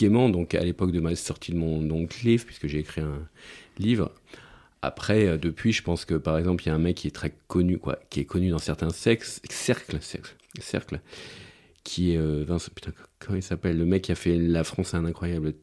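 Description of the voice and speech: An adult man speaks French with a silent block before a word, repeated words and stretched sounds, typical of stuttering, which he has had since early childhood.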